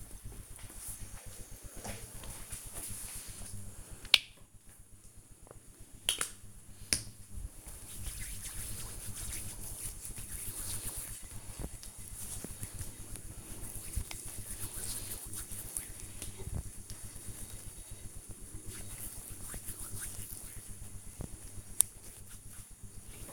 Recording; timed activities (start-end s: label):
household activities, microphone on the right wrist
4.12-22.26 s: cream hands